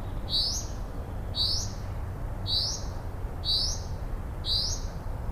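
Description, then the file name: Common chaffinch calling, five crisp high notes at an even pace of about one per second over continuous low background noise. "Fringilla coelebs"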